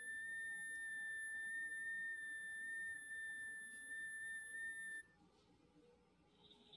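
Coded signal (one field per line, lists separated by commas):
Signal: FT8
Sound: a steady whistle-like tone lasting about five seconds, then it cuts off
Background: low background room noise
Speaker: the signal report being sent as minus1 12 and as soon as I receive it I'll get that here and the call will get locked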